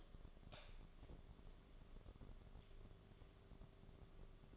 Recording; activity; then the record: daily activity, microphone in the room; light off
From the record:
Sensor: 4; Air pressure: 1011.1 hPa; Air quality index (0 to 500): 145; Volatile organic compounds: 3 ppm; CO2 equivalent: 1485 ppm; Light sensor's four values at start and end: 148/387/164/170 and 146/382/161/168